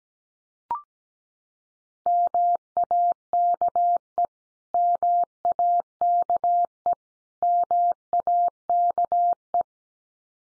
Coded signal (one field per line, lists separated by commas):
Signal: Morse code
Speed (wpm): 17 wpm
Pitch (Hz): 700 Hz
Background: none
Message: MAKE MAKE MAKE